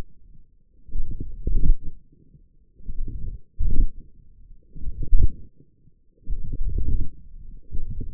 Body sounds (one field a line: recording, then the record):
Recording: forearm muscle sounds (acoustic myography)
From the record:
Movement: forearm pronation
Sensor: system 1, eight BSWA MPA416 microphones around the upper forearm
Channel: 5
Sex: male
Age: 21 years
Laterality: right